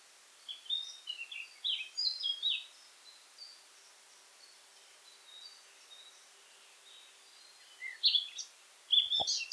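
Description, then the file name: Eurasian blackcap: a couple of seconds of soft warbling notes, a long quiet stretch with only faint notes, then another burst of notes at the end, against a faint hiss. "Sylvia atricapilla"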